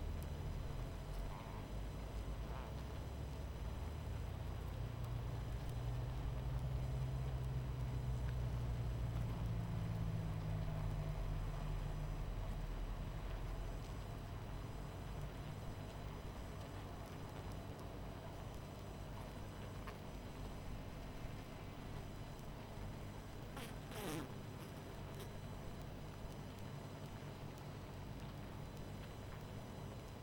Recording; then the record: honeybee colony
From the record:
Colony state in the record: missing queen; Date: 14 July 2017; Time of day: 21:40